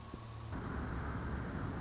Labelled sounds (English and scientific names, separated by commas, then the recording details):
Song Sparrow (Melospiza melodia)
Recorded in Sonoma County, California